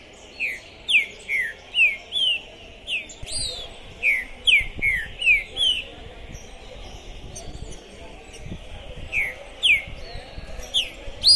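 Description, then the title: Green-winged saltator song: runs of loud, falling whistled notes about twice a second, with a pause before resuming. Captive trinca-ferro worked up ("possessed") at the entrance of a singing tournament; recording meant to warm up other trinca-ferros for contests; "Trinca Ferro Pistoleiro 2021". "Esse É PERFEITO Para ESQUENTAR Seu TRINCA Piando, Cantando E Macheando Na DISPUTA. Esse TRINCA FERRO ficou POSSUÍDO na PORTA do TORNEIO! Trinca Ferro Pistoleiro 2021!"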